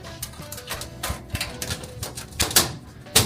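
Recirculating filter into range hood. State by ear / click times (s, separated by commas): seated / 2.6 s, 3.2 s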